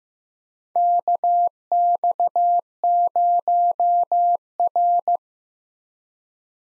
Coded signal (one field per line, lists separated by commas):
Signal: Morse code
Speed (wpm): 15 wpm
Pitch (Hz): 700 Hz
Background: none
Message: KX0R